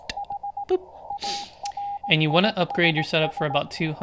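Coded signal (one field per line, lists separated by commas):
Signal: Morse code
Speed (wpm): 18 wpm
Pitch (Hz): 810 Hz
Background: speech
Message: HARISS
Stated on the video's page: Live Morse code learning session, day 31.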